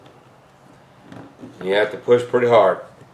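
A plastic ball end is handled and pushed hard against the socket of an RC lower control arm, with faint handling taps around 0.1 s and 1.1 s while someone talks. Nothing has seated or clicked yet; the ball end is not home.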